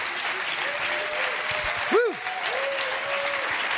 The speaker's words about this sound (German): Lasst uns einen Applaus geben